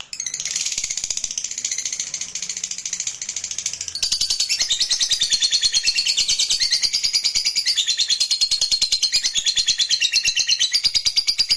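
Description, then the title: Lovebird song, a sustained rapid buzzy chatter of high notes pulsing steadily, growing louder after a few seconds. Lovebird reluctant to sing, prompted to sing spontaneously and eagerly. "LOVEBIRD Malas Bunyi JADI GREGET SPONTAN Langsung NARIK"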